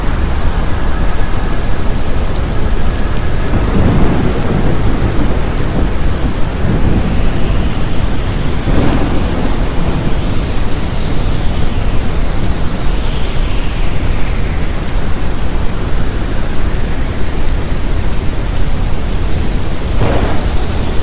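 Soft red noise runs as a dense, steady wash with a deep low rumble, and rain-like hiss layered over it. Storm sounds surface throughout: rolling thunder swells around 4 and 9 seconds, and several faint rising-and-falling whistling tones drift through the second half.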